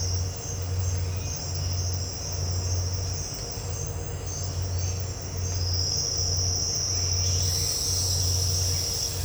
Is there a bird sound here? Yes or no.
no